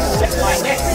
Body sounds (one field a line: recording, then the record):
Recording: background sound without coughing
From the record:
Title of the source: Nightlife Party Simulating Party Club Noise 1 Hour